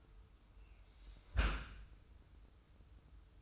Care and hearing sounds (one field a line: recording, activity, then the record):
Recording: daily activity, microphone in the room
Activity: close dishwasher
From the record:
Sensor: 2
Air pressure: 990.3 hPa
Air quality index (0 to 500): 208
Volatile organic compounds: 1000 ppm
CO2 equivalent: 6682 ppm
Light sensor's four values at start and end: 26/61/25/25 and 26/61/25/25